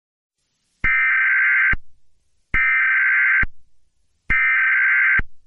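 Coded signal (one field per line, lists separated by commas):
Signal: Emergency Alert System (SAME) tones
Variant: header bursts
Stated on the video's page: Simulated EAS scenario retake, not a real alert.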